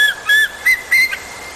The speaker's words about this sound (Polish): To orzeł.